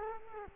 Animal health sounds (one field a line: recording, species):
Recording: mosquito wingbeat signal from an infrared sensor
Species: Culex quinquefasciatus